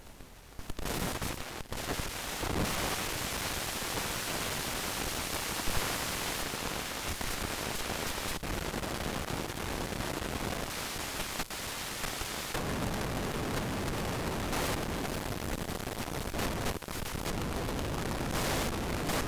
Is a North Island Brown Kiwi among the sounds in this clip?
no